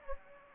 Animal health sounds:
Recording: mosquito wingbeat signal from an infrared sensor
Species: Anopheles gambiae

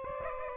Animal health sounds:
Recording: mosquito wingbeat signal from an infrared sensor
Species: Aedes aegypti

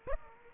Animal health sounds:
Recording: mosquito wingbeat signal from an infrared sensor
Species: Aedes aegypti

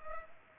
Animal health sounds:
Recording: mosquito wingbeat signal from an infrared sensor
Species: Culex pipiens

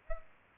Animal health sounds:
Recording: mosquito wingbeat signal from an infrared sensor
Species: Aedes aegypti

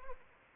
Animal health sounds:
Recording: mosquito wingbeat signal from an infrared sensor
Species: Anopheles arabiensis

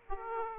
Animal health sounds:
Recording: mosquito wingbeat signal from an infrared sensor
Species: Aedes aegypti

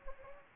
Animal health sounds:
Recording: mosquito wingbeat signal from an infrared sensor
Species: Anopheles gambiae

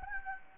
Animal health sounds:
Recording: mosquito wingbeat signal from an infrared sensor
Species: Anopheles gambiae

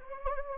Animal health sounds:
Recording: mosquito wingbeat signal from an infrared sensor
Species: Anopheles gambiae

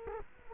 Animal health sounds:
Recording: mosquito wingbeat signal from an infrared sensor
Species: Culex quinquefasciatus

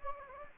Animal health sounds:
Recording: mosquito wingbeat signal from an infrared sensor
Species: Anopheles gambiae

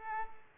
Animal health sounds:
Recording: mosquito wingbeat signal from an infrared sensor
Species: Culex pipiens

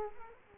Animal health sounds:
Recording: mosquito wingbeat signal from an infrared sensor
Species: Culex quinquefasciatus

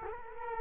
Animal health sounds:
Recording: mosquito wingbeat signal from an infrared sensor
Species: Culex quinquefasciatus

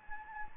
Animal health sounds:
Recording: mosquito wingbeat signal from an infrared sensor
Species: Anopheles gambiae

